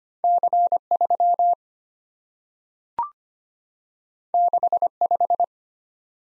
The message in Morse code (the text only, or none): C3 65